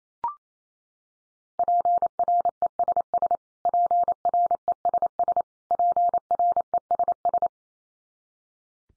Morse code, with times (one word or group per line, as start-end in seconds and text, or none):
1.6-3.4 PRESS
3.7-5.4 PRESS
5.7-7.5 PRESS